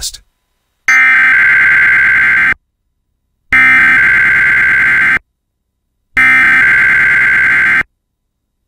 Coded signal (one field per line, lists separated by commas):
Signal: Emergency Alert System (SAME) tones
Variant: header bursts